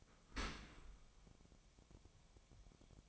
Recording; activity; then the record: daily activity, microphone in the room; open dishwasher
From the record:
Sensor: 1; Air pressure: 1006.8 hPa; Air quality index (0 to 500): 206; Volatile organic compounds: 23 ppm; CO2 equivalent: 2780 ppm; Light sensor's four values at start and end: 13/33/13/14 and 13/33/13/15